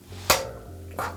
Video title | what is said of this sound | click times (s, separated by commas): Deep Clean Your E Bike Chain & Drivetrain - EMBN's How To | and you hear it click into place that means that it's going to go nowhere and it's ready to go out and ride | 0.3 s